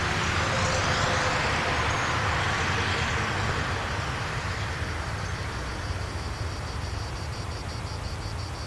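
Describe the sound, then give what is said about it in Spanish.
Steady roar of street traffic as cars pass by, a broad whooshing swell in the first few seconds easing into a continuous engine rumble, with a faint high tone pulsing in the later half. “El próximo rojo que salga es el mío. Si es una moto también, ¿vale? Tiene que ser un coche.”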